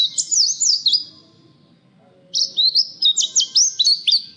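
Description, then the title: Nightingale song, a short warbled phrase of slurred high notes, then about a second of quiet before a second, choppier phrase of quick repeated chirps. "nightingale masteran"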